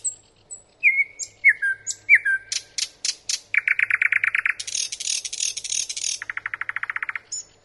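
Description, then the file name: Nightingale singing varied phrases: soft whistles, hard clicking notes, a rapid rattling trill, a buzzy churr, and another fast trill ending with a high note. "Solovei"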